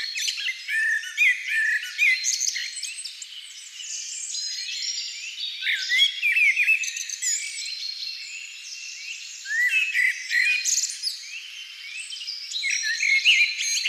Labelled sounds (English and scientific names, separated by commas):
Common Blackbird (Turdus merula) song